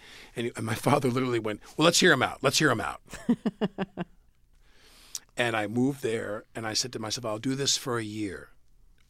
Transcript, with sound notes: And my father literally went, well, let's hear him out. Let's hear him out.
(Laughter).
And I moved there, and I said to myself, I'll do this for a year